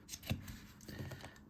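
The back piece of a plastic Indiana Jones Adventure Series Build An Artefact Grail toy table is pushed onto the table base. It gives a sharp click at 0.3 s, followed by softer handling taps, and the piece seats firmly in place.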